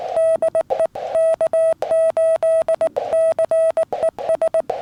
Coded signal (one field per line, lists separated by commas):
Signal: Morse code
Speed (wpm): 20 wpm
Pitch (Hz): 650 Hz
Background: none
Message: DE K8CES